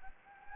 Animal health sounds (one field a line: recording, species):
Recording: mosquito wingbeat signal from an infrared sensor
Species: Anopheles arabiensis